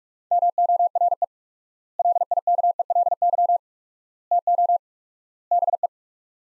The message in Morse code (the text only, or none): MORE LIKELY TO BE